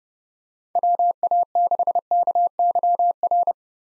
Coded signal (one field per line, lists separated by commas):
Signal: Morse code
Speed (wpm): 32 wpm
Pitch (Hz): 700 Hz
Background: none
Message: WA6KYR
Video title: 2023 SOTA Chaser Call Signs - 30wpm